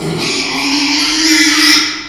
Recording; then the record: squeal of a Yucatan mini pig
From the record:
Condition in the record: after surgery on the right vocal fold (resection and tissue-engineered implant); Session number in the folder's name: 2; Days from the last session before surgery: 13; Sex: male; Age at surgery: 12 weeks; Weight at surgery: 13 kg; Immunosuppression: cyclosporine, prednisolone